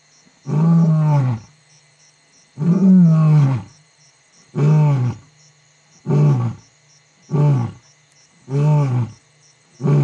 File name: lion